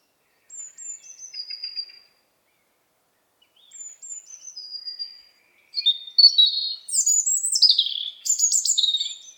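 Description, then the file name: European robin song: two soft, thin high phrases of falling whistles separated by pauses, then a louder burst of tumbling, sparkling notes. "Erithacus rubecula"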